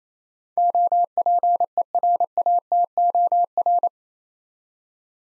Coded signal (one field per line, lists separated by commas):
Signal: Morse code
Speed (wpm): 27 wpm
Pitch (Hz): 700 Hz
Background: none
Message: OPERATOR